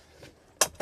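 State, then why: Seated. The support rod under the fold-up dinette table in a 2023 Rize 18A Class B camper van is slid out and locks into the table frame with a sharp metallic clink at 0.6 s. A quieter clink follows at about 0.8 s. The rod is seated and locked in place.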